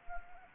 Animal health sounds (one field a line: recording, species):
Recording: mosquito wingbeat signal from an infrared sensor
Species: Anopheles arabiensis